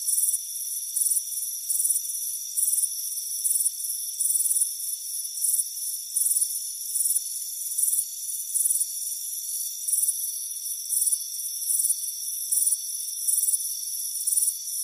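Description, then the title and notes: Crickets give high pulsed chirps in short bursts, over a steady high whine throughout. "Soothing Crickets Chirping Sound. It's a warm afternoon as you relax in a hammock on the front porch. Deep Sleep Sounds"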